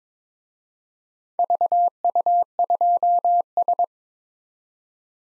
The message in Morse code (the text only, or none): VU2S